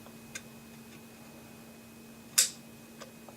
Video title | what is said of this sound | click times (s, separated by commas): AR-15 Install Forward Pivot Pin | heard it snap | 2.4 s